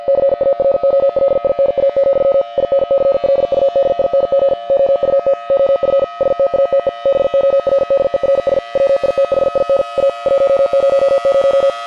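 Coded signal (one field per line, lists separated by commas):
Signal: Morse code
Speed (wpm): 50 wpm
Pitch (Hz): 550 Hz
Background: none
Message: CAROLINA, INCLUDING OUT OF STATE BORDERS WITHIN A 100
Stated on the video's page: Fictional EAS scenario recreation about a nuclear plant incident.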